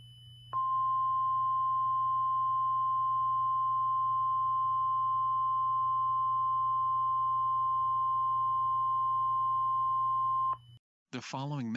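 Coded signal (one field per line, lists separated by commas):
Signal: Emergency Alert System (SAME) tones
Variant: 1050 Hz attention tone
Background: speech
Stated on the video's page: Fictional EAS scenario, a simulated alert made as a meme-inspired story.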